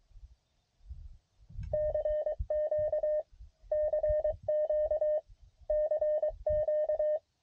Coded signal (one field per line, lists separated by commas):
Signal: Morse code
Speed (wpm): 23 wpm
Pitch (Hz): 610 Hz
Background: none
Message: CQ CQ CQ